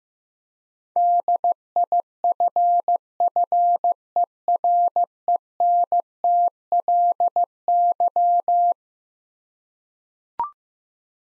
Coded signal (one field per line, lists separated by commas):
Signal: Morse code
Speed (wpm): 15 wpm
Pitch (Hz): 700 Hz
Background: none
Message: DIFFERENTLY